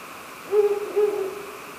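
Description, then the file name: Ural owl hoots, a short low note followed by a longer one that tails away gradually, steady faint hiss throughout. "fukuro"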